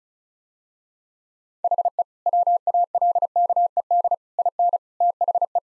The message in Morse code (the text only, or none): HE WALKED IN THE